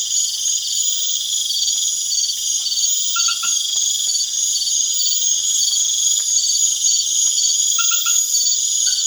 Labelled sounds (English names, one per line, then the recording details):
none
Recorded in pastures near Puerto Asís, Putumayo, Colombia, on 27 June 2025 at 20:00
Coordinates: 0.502, -76.324
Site G010